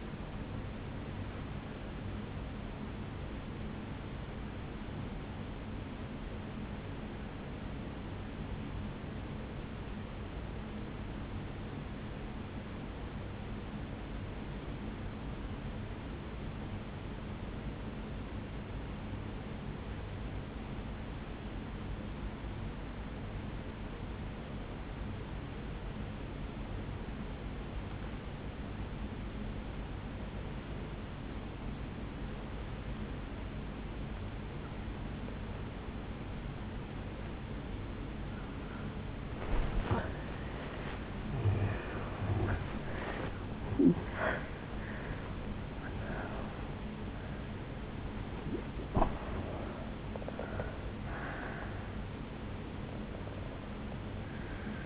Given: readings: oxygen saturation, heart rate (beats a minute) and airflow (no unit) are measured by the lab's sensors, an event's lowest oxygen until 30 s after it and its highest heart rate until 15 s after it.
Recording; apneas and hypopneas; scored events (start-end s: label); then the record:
breathing in sleep by a voice recorder at the bedside; 1
8.00-41.00 s: obstructive apnea (N2, oxygen 97% highest, then 81% lowest, heart rate 62 at the start, 81 highest)
36.00-54.86 s: new sleep stage, N1 (lightest sleep)
From the record:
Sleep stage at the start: N2 (light sleep); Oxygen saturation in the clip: 83 to 97%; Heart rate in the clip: 56 to 81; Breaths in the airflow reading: 6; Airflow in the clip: -13.1 to 8.1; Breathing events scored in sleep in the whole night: 449 in 7.0 hours asleep